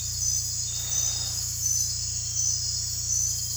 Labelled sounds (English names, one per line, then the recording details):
none
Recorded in dense forest near Puerto Asís, Putumayo, Colombia, on 18 December 2024 at 00:00
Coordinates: 0.467, -76.328
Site GP05